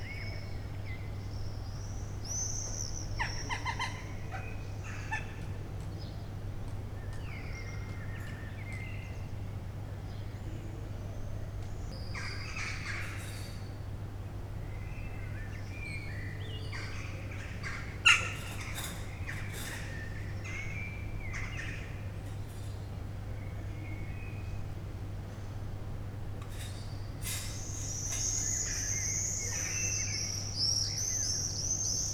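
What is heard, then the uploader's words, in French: A quiet courtyard with no children present, filled with scattered bird chirps and calls from several directions. A steady low hum runs underneath the whole time, a sharp knock sounds around eighteen seconds, and a higher, piercing bird call enters near the end. Masevaux. Cour sans enfant volant. 2 x Sennheiser me64 > MixPre > Marantz pmd620.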